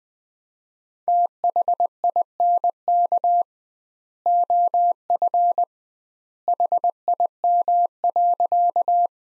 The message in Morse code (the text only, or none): THINK OF HIM.